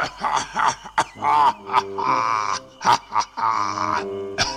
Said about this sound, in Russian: Дедушка втягивает в себя воздух и раздражается старческим кашлем.